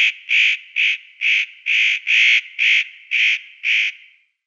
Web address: Schulze Peter Eurasian Nutcracker calls